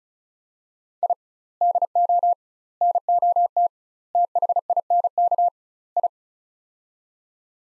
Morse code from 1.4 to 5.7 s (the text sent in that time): DO NOT THINK